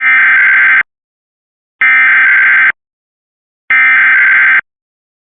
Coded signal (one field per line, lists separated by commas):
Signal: Emergency Alert System (SAME) tones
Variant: header bursts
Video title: All EAS alerts I played on WXRchive on iPad Air 2